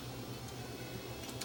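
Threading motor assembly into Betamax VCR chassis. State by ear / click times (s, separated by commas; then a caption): seated / 1.4 s. Inside the 711B3 chassis of a Sony SL330 Betamax VCR whose mechanism jams constantly, the threading motor assembly is pulled back a little harder so it drops and locks into place. A steady low hum runs throughout, then a short sharp hit at 1.4 s marks the part seating.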